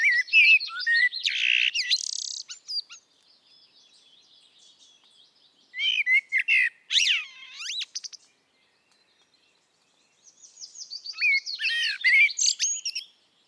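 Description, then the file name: Eurasian blackbird singing in three bursts of rich warbling, each mixing low fluty notes with high scratchy twittering, quiet gaps between them. "Turdus merula"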